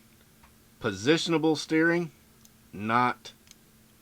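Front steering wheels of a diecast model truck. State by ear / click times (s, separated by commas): seated / 3.5 s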